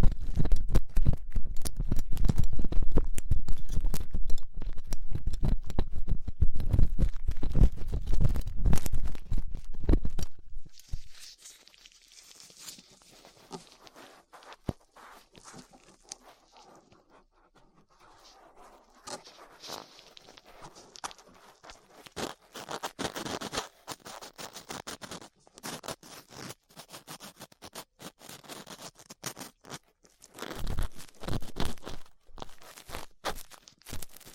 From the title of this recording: Ear Cleaning Latex Gloves, Dental Pick, Cotton Swabs